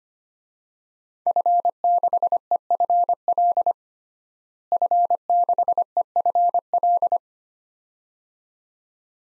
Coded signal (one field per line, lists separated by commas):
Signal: Morse code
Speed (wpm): 25 wpm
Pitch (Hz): 700 Hz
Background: none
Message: F6EFL F6EFL